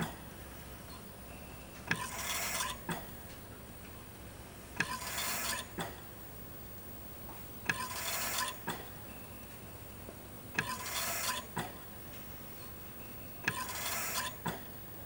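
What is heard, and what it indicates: Regular machine breaths about 21 a minute, each opening with a valve click, then an airy hiss, and closing with another click: a hospital mechanical ventilator.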